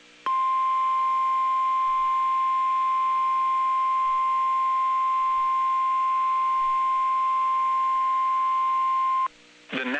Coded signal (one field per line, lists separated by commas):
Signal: Emergency Alert System (SAME) tones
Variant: 1050 Hz attention tone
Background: speech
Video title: SEVERE THUNDERSTORM WARNING for Southwestern Morgan and Northeastern Adams Counties (EAS #27)